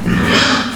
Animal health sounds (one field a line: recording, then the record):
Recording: squeal of a Yucatan mini pig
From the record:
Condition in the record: after surgery on the right vocal fold (resection and tissue-engineered implant)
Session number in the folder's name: 11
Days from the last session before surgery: 98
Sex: female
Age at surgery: 19 weeks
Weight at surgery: 25 kg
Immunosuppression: prednisolone